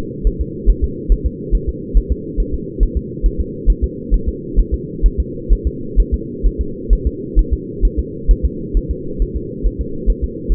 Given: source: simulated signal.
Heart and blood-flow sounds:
fetal heart sounds
0.27 s: S1
0.41 s: S2
0.70 s: S1
0.84 s: S2
1.12 s: S1
1.26 s: S2
1.55 s: S1
1.69 s: S2
1.97 s: S1
2.12 s: S2
2.40 s: S1
2.54 s: S2
2.83 s: S1
2.97 s: S2
3.26 s: S1
3.40 s: S2
3.70 s: S1
3.84 s: S2
4.14 s: S1
4.28 s: S2
4.59 s: S1
4.74 s: S2
5.06 s: S1
5.20 s: S2
5.53 s: S1
5.67 s: S2
6.00 s: S1
6.14 s: S2
6.46 s: S1
6.61 s: S2
6.93 s: S1
7.07 s: S2
7.39 s: S1
7.53 s: S2
7.85 s: S1
7.99 s: S2
8.31 s: S1
8.45 s: S2
8.77 s: S1
8.91 s: S2
9.22 s: S1
9.36 s: S2
9.66 s: S1
9.81 s: S2
10.10 s: S1
10.24 s: S2
10.52 s: S1
From the record:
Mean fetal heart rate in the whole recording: 135 bpm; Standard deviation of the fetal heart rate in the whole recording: 3 bpm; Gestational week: 36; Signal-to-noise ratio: -4.3 dB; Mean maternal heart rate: 72 bpm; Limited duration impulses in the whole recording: absent

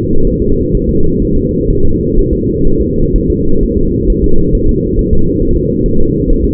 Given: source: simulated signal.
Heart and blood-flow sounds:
fetal heart sounds
0.27 s: S1
0.42 s: S2
0.75 s: S1
0.89 s: S2
1.22 s: S1
1.37 s: S2
1.70 s: S1
1.85 s: S2
2.19 s: S1
2.33 s: S2
2.67 s: S1
2.81 s: S2
3.16 s: S1
3.30 s: S2
3.63 s: S1
3.78 s: S2
4.10 s: S1
4.24 s: S2
4.55 s: S1
4.69 s: S2
4.99 s: S1
5.13 s: S2
5.42 s: S1
5.57 s: S2
5.86 s: S1
6.00 s: S2
6.30 s: S1
6.44 s: S2
From the record:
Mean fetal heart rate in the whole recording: 130 bpm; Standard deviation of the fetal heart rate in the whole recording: 4 bpm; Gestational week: 38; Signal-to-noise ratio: -19.1 dB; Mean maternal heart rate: 72 bpm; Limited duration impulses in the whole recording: present

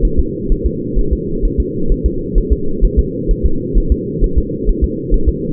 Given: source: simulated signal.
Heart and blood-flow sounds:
fetal heart sounds
0.05 s: S1
0.19 s: S2
0.52 s: S1
0.66 s: S2
0.99 s: S1
1.13 s: S2
1.45 s: S1
1.60 s: S2
1.92 s: S1
2.06 s: S2
2.38 s: S1
2.53 s: S2
2.85 s: S1
2.99 s: S2
3.31 s: S1
3.46 s: S2
3.78 s: S1
3.92 s: S2
4.24 s: S1
4.38 s: S2
4.69 s: S1
4.84 s: S2
5.14 s: S1
5.29 s: S2
From the record:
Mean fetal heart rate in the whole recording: 130 bpm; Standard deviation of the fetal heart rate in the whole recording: 4 bpm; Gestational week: 38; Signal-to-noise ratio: -8.1 dB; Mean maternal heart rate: 72 bpm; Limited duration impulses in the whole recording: present

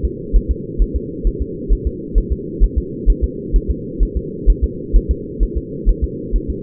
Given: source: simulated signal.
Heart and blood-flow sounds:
fetal heart sounds
0.05 s: S2
0.36 s: S1
0.51 s: S2
0.82 s: S1
0.96 s: S2
1.27 s: S1
1.42 s: S2
1.72 s: S1
1.87 s: S2
2.18 s: S1
2.33 s: S2
2.64 s: S1
2.78 s: S2
3.10 s: S1
3.24 s: S2
3.56 s: S1
3.70 s: S2
4.03 s: S1
4.17 s: S2
4.50 s: S1
4.64 s: S2
4.96 s: S1
5.11 s: S2
5.43 s: S1
5.58 s: S2
5.89 s: S1
6.04 s: S2
6.36 s: S1
6.50 s: S2
From the record:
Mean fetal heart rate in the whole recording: 130 bpm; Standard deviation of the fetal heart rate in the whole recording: 2 bpm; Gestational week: 36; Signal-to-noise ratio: -4.1 dB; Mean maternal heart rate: no maternal heart sound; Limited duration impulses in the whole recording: absent

